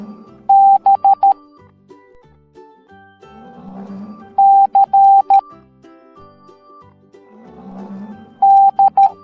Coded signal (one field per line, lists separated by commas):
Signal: Morse code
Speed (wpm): 13 wpm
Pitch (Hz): 790 Hz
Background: music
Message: B C D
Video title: Morse Code Alphabet Pig Parade